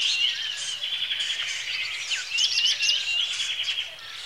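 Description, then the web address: Birds in a dense high chorus of chirps, trills and whistles running continuously. Lakeside birdsong in Kenya, Africa, early in the morning. "A Természet hangjai - Madárdal A Természet hangjai - Afrika, Kenya - Tópart madárcsicsergéssel kora reggel"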